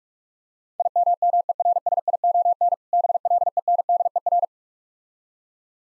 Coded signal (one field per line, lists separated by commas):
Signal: Morse code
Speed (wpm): 46 wpm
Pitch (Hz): 700 Hz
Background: none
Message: IMMERSION BLENDER